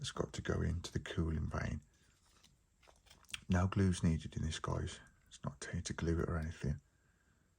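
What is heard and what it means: Someone talks while handling a plastic engine part with a long pin, which is meant to be pushed without glue into the cooling vane of a 1:18 scale X-wing model. A couple of faint, brief handling taps sound around 3.3 s between stretches of talk, but the part has not yet seated or clicked into place.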